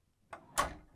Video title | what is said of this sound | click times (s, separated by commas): 2024 Supreme Aire Operational Overview. | so now the doors uh don't move they're locked in place so | 0.3 s